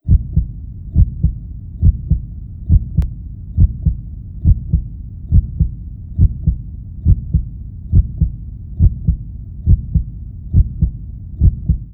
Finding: Heartbeat sound.